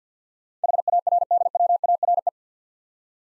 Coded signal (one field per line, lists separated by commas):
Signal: Morse code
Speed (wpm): 50 wpm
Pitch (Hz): 700 Hz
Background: none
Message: HARDWARE